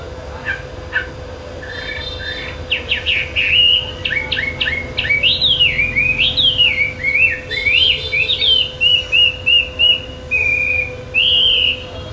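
Chinese hwamei song starting with sharp clicking notes, building into fast repeated whistles and swooping melodic phrases, then sustained clear notes, over a steady low hum.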